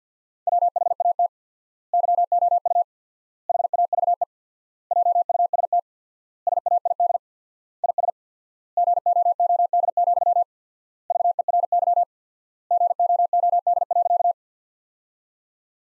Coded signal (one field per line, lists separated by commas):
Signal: Morse code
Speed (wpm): 50 wpm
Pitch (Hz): 700 Hz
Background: none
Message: WHAT YOU HAVE JUST SAID IS GOOD, VERY GOOD.